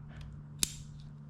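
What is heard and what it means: A fuel line quick-connect fitting is pushed by hand onto the fuel line nipple for an ethanol sensor on an STI. Over a steady low hum, a single sharp click comes at 0.6 s, with only faint ticks around it. The connection is seated and confirmed.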